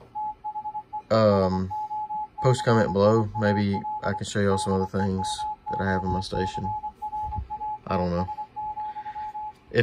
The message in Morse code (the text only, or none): THE SOCIAL DEMOCRATS,